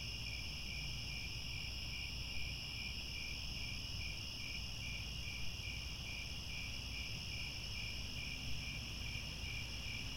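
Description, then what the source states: Crickets chirping in a dense chorus, steady high trilling bands with a faint pulsing rhythm, over a low constant rumble. Chorus of crickets chirping at twilight as the sun sets and stars appear.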